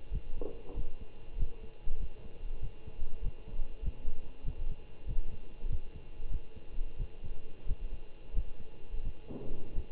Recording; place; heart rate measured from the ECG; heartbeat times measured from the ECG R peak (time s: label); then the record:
heart sounds by stethoscope; between the tricuspid and mitral areas; 93 bpm
0.10 s: heartbeat
0.74 s: heartbeat
1.37 s: heartbeat
1.98 s: heartbeat
2.60 s: heartbeat
3.21 s: heartbeat
3.82 s: heartbeat
4.43 s: heartbeat
5.06 s: heartbeat
5.68 s: heartbeat
6.29 s: heartbeat
6.97 s: heartbeat
7.66 s: heartbeat
8.33 s: heartbeat
9.02 s: heartbeat
9.73 s: heartbeat
From the record:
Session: Bruce protocol treadmill stress test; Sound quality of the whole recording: good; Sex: male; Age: 25 years